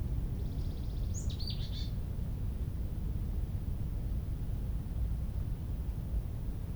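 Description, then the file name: Marsh tit giving one brief call of a few high notes, over steady low rumbling noise. "Poecile palustris"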